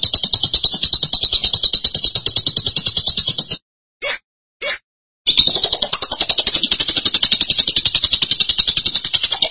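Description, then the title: Lovebird chatter: rapid high-pitched buzzy notes, interrupted by two sharp chips, then the fast chattering returns. "BM Suara Burung Lovebird"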